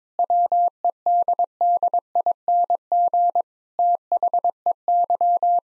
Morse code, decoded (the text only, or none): WEDDING THEY